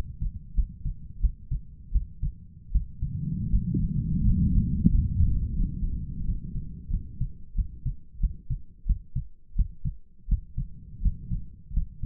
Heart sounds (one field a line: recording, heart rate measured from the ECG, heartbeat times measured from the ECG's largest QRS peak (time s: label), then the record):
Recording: heart sounds by stethoscope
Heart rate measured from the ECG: 86 bpm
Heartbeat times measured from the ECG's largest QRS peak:
0.55 s: heartbeat
1.21 s: heartbeat
1.92 s: heartbeat
2.72 s: heartbeat
3.50 s: heartbeat
4.23 s: heartbeat
4.89 s: heartbeat
5.54 s: heartbeat
6.25 s: heartbeat
6.90 s: heartbeat
7.55 s: heartbeat
8.20 s: heartbeat
8.86 s: heartbeat
9.56 s: heartbeat
10.28 s: heartbeat
11.02 s: heartbeat
11.73 s: heartbeat
From the record:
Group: healthy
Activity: rest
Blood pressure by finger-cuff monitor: 125/67 mmHg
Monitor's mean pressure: 83 mmHg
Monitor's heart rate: 88 bpm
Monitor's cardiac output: 8.5 L/min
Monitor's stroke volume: 96 mL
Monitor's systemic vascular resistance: 700 dyn s/cm5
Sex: male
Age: 23 years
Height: 179 cm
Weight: 87 kg